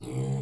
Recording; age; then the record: pig call; weaner (32 to 43 days)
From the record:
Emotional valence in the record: negative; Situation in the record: short isolation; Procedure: open field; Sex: female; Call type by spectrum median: low-frequency call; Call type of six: low-frequency stable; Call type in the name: low-frequency stable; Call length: 0.42 s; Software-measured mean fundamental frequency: 65 Hz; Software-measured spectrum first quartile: 135 Hz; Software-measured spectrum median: 219 Hz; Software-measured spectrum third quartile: 634 Hz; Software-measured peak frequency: 133 Hz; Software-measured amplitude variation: 97 dB a second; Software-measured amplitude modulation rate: 21.4 a second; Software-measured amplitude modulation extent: 4.5 dB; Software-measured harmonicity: 8.3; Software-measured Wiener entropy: -0.63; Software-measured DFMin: 1183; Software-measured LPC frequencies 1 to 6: 2228, 3129, 3867, 4617, 7440, 7951 Hz